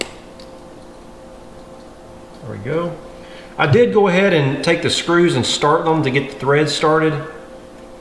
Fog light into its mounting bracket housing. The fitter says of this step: this slides back into the housing and snaps into place pretty easy peasy there